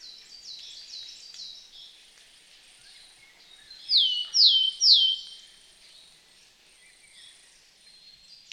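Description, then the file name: Willow tit producing three sharp whistles falling in pitch, evenly spaced, after a quieter stretch of faint similar notes. "Matkop"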